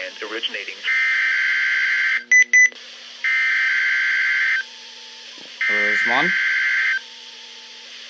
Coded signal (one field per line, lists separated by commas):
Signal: Emergency Alert System (SAME) tones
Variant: header bursts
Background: speech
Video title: EAS 752 WXM33 RWT